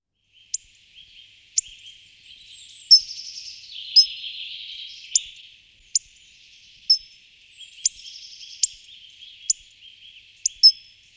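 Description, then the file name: Hawfinch calls: sharp, high ticks repeated irregularly about once a second, with buzzy high notes between them over a steady shrill background hiss. "Dlask tlustozoby Coccothraustes coccothraustes"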